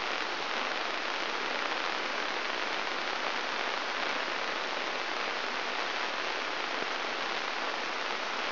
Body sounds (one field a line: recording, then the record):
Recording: brain microelectrode recording played as sound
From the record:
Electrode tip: inside the subthalamic nucleus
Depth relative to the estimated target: 1 mm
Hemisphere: right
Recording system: AlphaMap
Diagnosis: Parkinson's disease